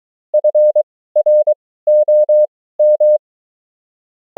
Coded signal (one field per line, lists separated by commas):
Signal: Morse code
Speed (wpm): 23 wpm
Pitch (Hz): 600 Hz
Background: none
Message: FROM